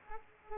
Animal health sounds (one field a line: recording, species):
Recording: mosquito wingbeat signal from an infrared sensor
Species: Aedes aegypti